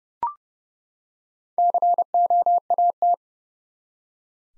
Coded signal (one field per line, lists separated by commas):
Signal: Morse code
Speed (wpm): 30 wpm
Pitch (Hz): 700 Hz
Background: none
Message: COAT